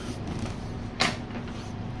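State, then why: Seated. A folding shelf bracket on a wall-mounted folding router table latches as the table is raised back into working position. A sharp knock at 1.0 s marks the bracket locking in place over a steady low background hum. The table is confirmed locked in its working position.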